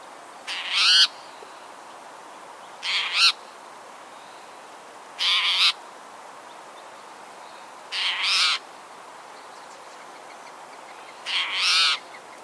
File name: Pipilo maculatus - Spotted Towhee